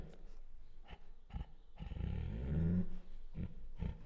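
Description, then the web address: Bengal tiger giving short puffing chuffs, then a low rasping growl that swells for about a second before more brief chuffs follow. Female; chuffs, growls and whines. "Sound Ideas Tigers Sound Effects"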